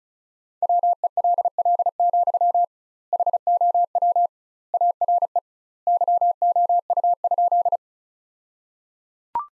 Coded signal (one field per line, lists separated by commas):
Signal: Morse code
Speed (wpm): 34 wpm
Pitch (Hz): 700 Hz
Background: none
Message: WELL, HOW ARE YOU?